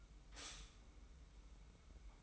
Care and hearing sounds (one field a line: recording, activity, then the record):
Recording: daily activity, microphone in the room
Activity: stop toaster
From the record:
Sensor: 1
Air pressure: 990.7 hPa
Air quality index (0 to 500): 144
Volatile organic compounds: 866 ppm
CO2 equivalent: 5183 ppm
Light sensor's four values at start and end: 22/52/22/24 and 22/52/22/24